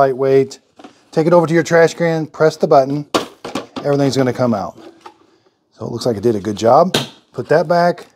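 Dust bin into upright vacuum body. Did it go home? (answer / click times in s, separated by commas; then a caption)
no / none. Someone talks while handling the plastic dust bin of a Shark Navigator Lift-Away CU530 upright vacuum after emptying it, putting it back toward the vacuum body. A brief sharp sound is heard at about 5.1 s between the talking. The bin has not snapped on yet; nothing has seated or clicked.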